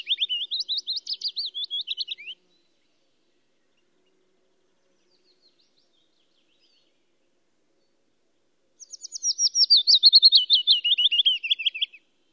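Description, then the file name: Willow Warbler song: two sweet phrases of rapid notes, the second clearly descending, separated by several seconds of silence. "budnicek vetsi"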